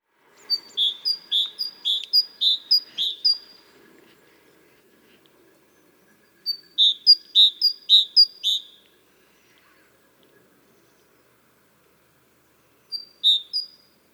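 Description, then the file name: Great tit repeating bright, high two-part notes in three bursts, the first two five to six notes long, the last short, with faint background hum. "Parus major"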